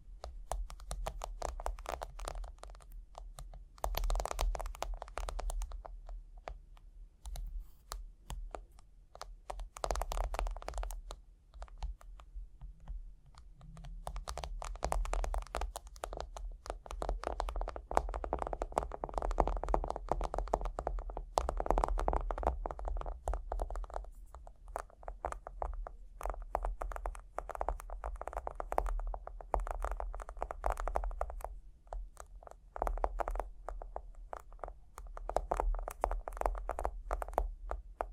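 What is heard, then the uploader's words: Tapping and scratching sounds run throughout, a dense stream of small clicks and scrapes that rarely pause, resembling busy typing or fingernails on a hard surface. The activity swells and thins in bursts, with a steady low hum underneath the whole time. Tapping and Scratching (No Talking).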